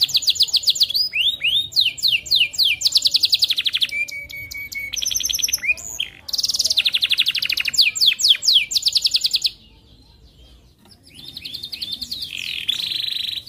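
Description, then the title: Canary singing varied phrases: clipped chirps, buzzy rolls and a steady whistled tone, with a short quiet gap before softer trilling resumes. Canary in energetic full song (gacor), with the best melodic phrasing (cengkok) and the most luxurious fill-in phrases (isian). "Kenari Gacor Cengkok Terbaik Isian Paling Mewah Kenarigacor Kicaumania Kenari"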